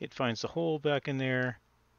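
An ink cartridge is handled as it goes into its hole in a printer carriage while someone talks for about the first 1.5 seconds, followed by quiet low background hum. Nothing has seated or clicked yet.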